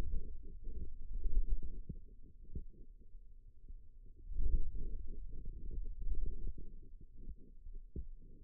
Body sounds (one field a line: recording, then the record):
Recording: forearm muscle sounds (acoustic myography)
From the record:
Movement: wrist extension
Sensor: system 2, bracelet of six BSWA MPA416 microphones around the upper forearm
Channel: 3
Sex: male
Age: 22 years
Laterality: right